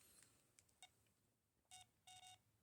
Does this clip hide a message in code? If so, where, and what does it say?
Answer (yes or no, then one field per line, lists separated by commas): no